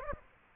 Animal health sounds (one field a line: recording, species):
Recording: mosquito wingbeat signal from an infrared sensor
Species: Aedes aegypti